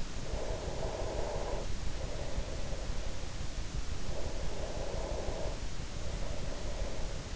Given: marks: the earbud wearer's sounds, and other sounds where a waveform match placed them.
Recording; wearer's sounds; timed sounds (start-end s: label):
sounds in sleep by an in-ear microphone; breath
0.02-3.21 s: breath
3.99-7.36 s: breath